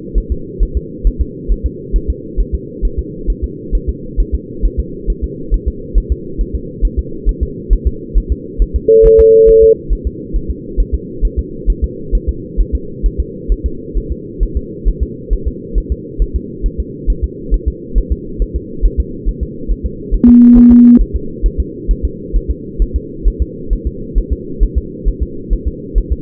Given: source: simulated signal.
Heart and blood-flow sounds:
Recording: fetal heart sounds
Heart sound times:
0.18 s: S1
0.32 s: S2
0.63 s: S1
0.77 s: S2
1.07 s: S1
1.21 s: S2
1.52 s: S1
1.66 s: S2
1.96 s: S1
2.10 s: S2
2.40 s: S1
2.55 s: S2
2.85 s: S1
2.99 s: S2
3.30 s: S1
3.44 s: S2
3.75 s: S1
3.89 s: S2
4.20 s: S1
4.34 s: S2
4.65 s: S1
4.79 s: S2
5.10 s: S1
5.24 s: S2
5.54 s: S1
5.68 s: S2
5.98 s: S1
6.12 s: S2
6.41 s: S1
6.55 s: S2
6.85 s: S1
6.99 s: S2
7.29 s: S1
7.43 s: S2
7.73 s: S1
7.87 s: S2
8.18 s: S1
8.32 s: S2
8.62 s: S1
8.76 s: S2
9.06 s: S1
9.20 s: S2
9.49 s: S1
9.63 s: S2
9.93 s: S1
10.07 s: S2
10.36 s: S1
10.50 s: S2
10.80 s: S1
10.94 s: S2
11.25 s: S1
11.39 s: S2
11.70 s: S1
11.84 s: S2
12.15 s: S1
12.29 s: S2
12.60 s: S1
12.75 s: S2
13.06 s: S1
13.20 s: S2
13.52 s: S1
13.66 s: S2
13.97 s: S1
14.12 s: S2
14.43 s: S1
14.57 s: S2
14.88 s: S1
15.03 s: S2
15.33 s: S1
15.47 s: S2
15.78 s: S1
15.92 s: S2
16.22 s: S1
16.36 s: S2
16.66 s: S1
16.80 s: S2
17.10 s: S1
17.24 s: S2
17.54 s: S1
17.68 s: S2
17.98 s: S1
18.12 s: S2
18.42 s: S1
18.56 s: S2
18.85 s: S1
19.00 s: S2
19.29 s: S1
19.43 s: S2
19.71 s: S1
19.86 s: S2
20.14 s: S1
20.29 s: S2
20.58 s: S1
20.72 s: S2
21.01 s: S1
21.16 s: S2
21.46 s: S1
21.60 s: S2
21.91 s: S1
22.05 s: S2
22.36 s: S1
22.51 s: S2
22.82 s: S1
22.96 s: S2
23.28 s: S1
23.42 s: S2
23.73 s: S1
23.87 s: S2
24.18 s: S1
24.32 s: S2
24.63 s: S1
24.78 s: S2
25.08 s: S1
25.23 s: S2
25.53 s: S1
25.68 s: S2
25.98 s: S1
26.12 s: S2
From the record:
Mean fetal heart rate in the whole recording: 135 bpm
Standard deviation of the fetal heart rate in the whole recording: 3 bpm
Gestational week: 36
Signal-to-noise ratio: -4.3 dB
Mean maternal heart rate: 72 bpm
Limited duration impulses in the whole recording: present

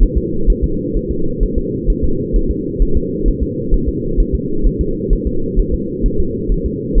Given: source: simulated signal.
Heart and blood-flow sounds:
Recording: fetal heart sounds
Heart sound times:
0.03 s: S1
0.18 s: S2
0.50 s: S1
0.64 s: S2
0.97 s: S1
1.11 s: S2
1.43 s: S1
1.58 s: S2
1.90 s: S1
2.04 s: S2
2.36 s: S1
2.51 s: S2
2.82 s: S1
2.97 s: S2
3.28 s: S1
3.43 s: S2
3.74 s: S1
3.89 s: S2
4.20 s: S1
4.35 s: S2
4.66 s: S1
4.81 s: S2
5.13 s: S1
5.27 s: S2
5.59 s: S1
5.74 s: S2
6.06 s: S1
6.20 s: S2
6.52 s: S1
6.66 s: S2
6.98 s: S1
From the record:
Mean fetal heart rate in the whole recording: 130 bpm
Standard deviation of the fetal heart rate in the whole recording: 2 bpm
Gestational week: 38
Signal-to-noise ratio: -8.1 dB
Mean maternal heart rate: 72 bpm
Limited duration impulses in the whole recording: absent

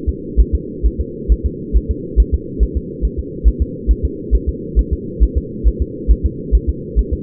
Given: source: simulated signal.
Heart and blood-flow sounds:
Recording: fetal heart sounds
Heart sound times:
0.09 s: S2
0.40 s: S1
0.55 s: S2
0.86 s: S1
1.01 s: S2
1.32 s: S1
1.46 s: S2
1.77 s: S1
1.91 s: S2
2.20 s: S1
2.34 s: S2
2.63 s: S1
2.77 s: S2
3.05 s: S1
3.19 s: S2
3.48 s: S1
3.62 s: S2
3.91 s: S1
4.05 s: S2
4.35 s: S1
4.49 s: S2
4.79 s: S1
4.93 s: S2
5.23 s: S1
5.38 s: S2
5.67 s: S1
5.82 s: S2
6.11 s: S1
6.26 s: S2
6.55 s: S1
6.69 s: S2
6.99 s: S1
7.13 s: S2
From the record:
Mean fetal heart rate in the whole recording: 135 bpm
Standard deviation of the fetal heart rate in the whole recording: 3 bpm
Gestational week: 34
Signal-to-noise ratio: -4.1 dB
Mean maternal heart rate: no maternal heart sound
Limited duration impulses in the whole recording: absent

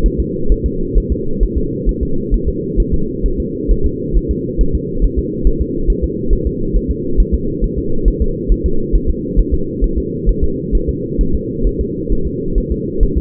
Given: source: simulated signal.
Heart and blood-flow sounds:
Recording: fetal heart sounds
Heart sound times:
0.06 s: S1
0.20 s: S2
0.52 s: S1
0.66 s: S2
0.98 s: S1
1.12 s: S2
1.43 s: S1
1.58 s: S2
1.89 s: S1
2.03 s: S2
2.34 s: S1
2.49 s: S2
2.80 s: S1
2.94 s: S2
3.26 s: S1
3.40 s: S2
3.72 s: S1
3.86 s: S2
4.17 s: S1
4.31 s: S2
4.61 s: S1
4.75 s: S2
5.04 s: S1
5.19 s: S2
5.47 s: S1
5.62 s: S2
5.90 s: S1
6.04 s: S2
6.33 s: S1
6.47 s: S2
6.76 s: S1
6.91 s: S2
7.20 s: S1
7.34 s: S2
7.64 s: S1
7.78 s: S2
8.08 s: S1
8.22 s: S2
8.52 s: S1
8.66 s: S2
8.95 s: S1
9.10 s: S2
9.40 s: S1
9.54 s: S2
9.84 s: S1
9.98 s: S2
10.29 s: S1
10.44 s: S2
10.75 s: S1
10.89 s: S2
11.21 s: S1
11.35 s: S2
11.67 s: S1
11.81 s: S2
12.12 s: S1
12.27 s: S2
12.58 s: S1
12.72 s: S2
13.03 s: S1
13.18 s: S2
From the record:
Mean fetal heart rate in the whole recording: 135 bpm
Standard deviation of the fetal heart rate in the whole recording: 3 bpm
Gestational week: 36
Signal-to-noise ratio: -8.1 dB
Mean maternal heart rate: 72 bpm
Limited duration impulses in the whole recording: present

